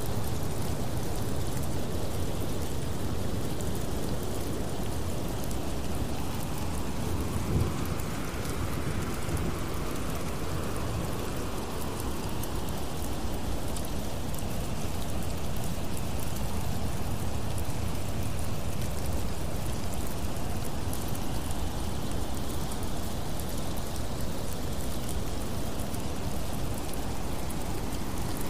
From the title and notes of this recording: Thunderstorm Sounds With Rain White Noise.